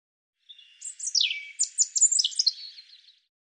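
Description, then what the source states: European robin song: a quiet lead-in followed by a fast, varied sequence of sharp, high, sliding notes and twittering, lasting about two and a half seconds. Audio cleaned and normalized.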